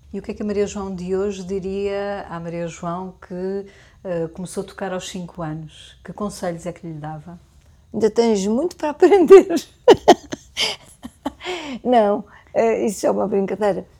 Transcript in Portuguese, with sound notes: E o que é que a Maria João Pires de hoje diria à Maria João que começou a tocar aos 5 anos? Que conselhos é que lhe dava? Ainda tens muito para aprender! (riso) Não, isso é uma brincadeira.